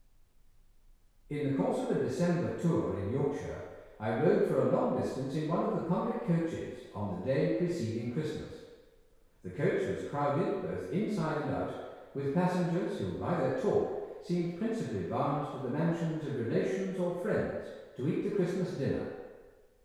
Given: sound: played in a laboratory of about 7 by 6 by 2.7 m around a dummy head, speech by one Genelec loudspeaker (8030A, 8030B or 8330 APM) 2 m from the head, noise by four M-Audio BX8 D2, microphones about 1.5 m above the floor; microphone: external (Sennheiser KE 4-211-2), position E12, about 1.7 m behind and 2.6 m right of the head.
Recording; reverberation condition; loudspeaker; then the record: male speech in English; high; 120 degrees to the right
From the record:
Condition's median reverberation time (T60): about 1300 ms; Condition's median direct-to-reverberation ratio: about -4.0 dB